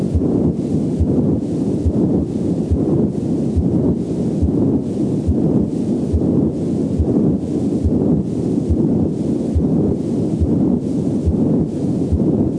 A patent ductus arteriosus murmur. Rough, machinery-like, high-pitched sound.